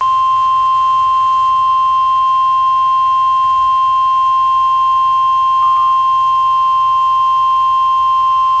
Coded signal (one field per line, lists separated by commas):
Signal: Emergency Alert System (SAME) tones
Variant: 1050 Hz attention tone